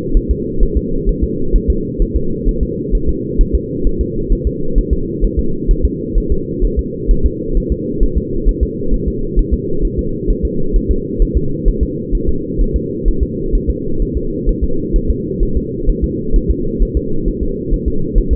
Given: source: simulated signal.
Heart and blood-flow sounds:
fetal heart sounds
0.17 s: S1
0.31 s: S2
0.63 s: S1
0.77 s: S2
1.09 s: S1
1.24 s: S2
1.56 s: S1
1.70 s: S2
2.02 s: S1
2.17 s: S2
2.49 s: S1
2.63 s: S2
2.95 s: S1
3.09 s: S2
3.41 s: S1
3.55 s: S2
3.87 s: S1
4.01 s: S2
4.33 s: S1
4.47 s: S2
4.78 s: S1
4.93 s: S2
5.24 s: S1
5.39 s: S2
5.71 s: S1
5.85 s: S2
6.18 s: S1
6.32 s: S2
6.65 s: S1
6.79 s: S2
7.11 s: S1
7.26 s: S2
7.57 s: S1
7.72 s: S2
8.03 s: S1
8.18 s: S2
8.49 s: S1
8.63 s: S2
8.94 s: S1
9.08 s: S2
9.39 s: S1
9.54 s: S2
9.85 s: S1
9.99 s: S2
10.30 s: S1
10.45 s: S2
10.76 s: S1
10.91 s: S2
11.22 s: S1
11.37 s: S2
11.68 s: S1
11.83 s: S2
12.15 s: S1
12.29 s: S2
12.61 s: S1
12.76 s: S2
13.08 s: S1
13.23 s: S2
13.55 s: S1
13.70 s: S2
14.02 s: S1
14.17 s: S2
14.49 s: S1
14.64 s: S2
14.96 s: S1
15.11 s: S2
15.43 s: S1
15.57 s: S2
15.90 s: S1
16.04 s: S2
16.36 s: S1
16.51 s: S2
16.82 s: S1
16.97 s: S2
17.28 s: S1
17.43 s: S2
17.74 s: S1
17.88 s: S2
18.18 s: S1
18.33 s: S2
From the record:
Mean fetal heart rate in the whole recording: 130 bpm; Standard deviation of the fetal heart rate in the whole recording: 2 bpm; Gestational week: 38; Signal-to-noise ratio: -8.1 dB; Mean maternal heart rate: 72 bpm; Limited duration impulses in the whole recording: absent

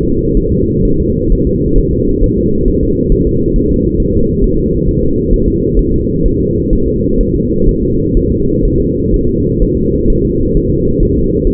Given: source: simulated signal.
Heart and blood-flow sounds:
fetal heart sounds
0.03 s: S2
0.37 s: S1
0.52 s: S2
0.85 s: S1
1.00 s: S2
1.32 s: S1
1.47 s: S2
1.78 s: S1
1.93 s: S2
2.24 s: S1
2.38 s: S2
2.68 s: S1
2.83 s: S2
3.12 s: S1
3.27 s: S2
3.56 s: S1
3.71 s: S2
4.00 s: S1
4.15 s: S2
4.44 s: S1
4.59 s: S2
4.89 s: S1
5.03 s: S2
5.34 s: S1
5.48 s: S2
5.79 s: S1
5.94 s: S2
6.26 s: S1
6.40 s: S2
6.73 s: S1
6.88 s: S2
7.21 s: S1
7.35 s: S2
7.69 s: S1
7.83 s: S2
8.17 s: S1
8.32 s: S2
8.65 s: S1
8.80 s: S2
9.14 s: S1
9.28 s: S2
9.62 s: S1
9.77 s: S2
10.10 s: S1
10.25 s: S2
10.57 s: S1
10.72 s: S2
11.03 s: S1
11.17 s: S2
11.47 s: S1
From the record:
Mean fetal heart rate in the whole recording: 130 bpm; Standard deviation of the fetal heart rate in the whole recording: 4 bpm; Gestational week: 38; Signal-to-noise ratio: -15.3 dB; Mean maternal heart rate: 72 bpm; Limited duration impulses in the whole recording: present

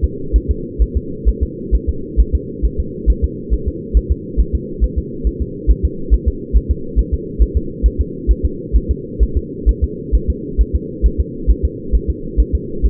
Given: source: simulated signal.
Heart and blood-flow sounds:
fetal heart sounds
0.04 s: S2
0.36 s: S1
0.51 s: S2
0.82 s: S1
0.97 s: S2
1.28 s: S1
1.43 s: S2
1.75 s: S1
1.89 s: S2
2.20 s: S1
2.35 s: S2
2.65 s: S1
2.80 s: S2
3.10 s: S1
3.24 s: S2
3.53 s: S1
3.68 s: S2
3.97 s: S1
4.12 s: S2
4.40 s: S1
4.55 s: S2
4.84 s: S1
4.98 s: S2
5.27 s: S1
5.42 s: S2
5.70 s: S1
5.85 s: S2
6.14 s: S1
6.28 s: S2
6.56 s: S1
6.71 s: S2
6.99 s: S1
7.14 s: S2
7.42 s: S1
7.57 s: S2
7.86 s: S1
8.01 s: S2
8.31 s: S1
8.45 s: S2
8.76 s: S1
8.91 s: S2
9.23 s: S1
9.37 s: S2
9.69 s: S1
9.84 s: S2
10.15 s: S1
10.30 s: S2
10.61 s: S1
10.75 s: S2
11.06 s: S1
11.20 s: S2
11.50 s: S1
11.65 s: S2
11.95 s: S1
12.10 s: S2
12.40 s: S1
12.55 s: S2
12.86 s: S1
From the record:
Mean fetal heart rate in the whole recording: 135 bpm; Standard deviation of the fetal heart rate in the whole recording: 3 bpm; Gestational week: 34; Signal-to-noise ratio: -4.3 dB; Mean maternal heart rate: 72 bpm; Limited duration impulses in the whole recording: absent

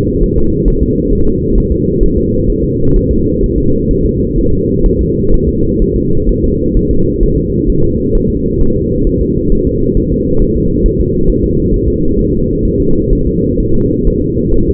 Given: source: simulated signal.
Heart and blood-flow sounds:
fetal heart sounds
0.23 s: S1
0.38 s: S2
0.68 s: S1
0.83 s: S2
1.13 s: S1
1.27 s: S2
1.58 s: S1
1.72 s: S2
2.03 s: S1
2.18 s: S2
2.50 s: S1
2.64 s: S2
2.96 s: S1
3.11 s: S2
3.44 s: S1
3.58 s: S2
3.91 s: S1
4.06 s: S2
4.39 s: S1
4.53 s: S2
4.86 s: S1
5.01 s: S2
5.34 s: S1
5.49 s: S2
5.82 s: S1
5.96 s: S2
6.29 s: S1
6.44 s: S2
6.77 s: S1
6.91 s: S2
7.23 s: S1
7.38 s: S2
7.69 s: S1
7.84 s: S2
8.15 s: S1
8.30 s: S2
8.61 s: S1
8.76 s: S2
9.07 s: S1
9.21 s: S2
9.52 s: S1
9.67 s: S2
9.97 s: S1
10.12 s: S2
10.42 s: S1
10.56 s: S2
10.86 s: S1
11.00 s: S2
11.30 s: S1
11.44 s: S2
11.74 s: S1
11.88 s: S2
12.19 s: S1
12.33 s: S2
12.65 s: S1
12.80 s: S2
13.13 s: S1
13.27 s: S2
13.60 s: S1
13.75 s: S2
14.07 s: S1
14.22 s: S2
14.54 s: S1
14.69 s: S2
From the record:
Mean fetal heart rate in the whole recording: 130 bpm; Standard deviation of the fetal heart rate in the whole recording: 4 bpm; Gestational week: 38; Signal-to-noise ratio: -16.4 dB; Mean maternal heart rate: 72 bpm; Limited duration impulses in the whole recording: present

